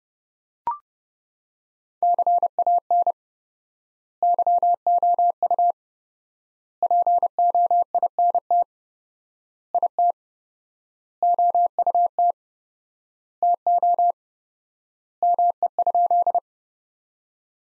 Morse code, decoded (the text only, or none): CAN YOU POINT IT OUT TO ME?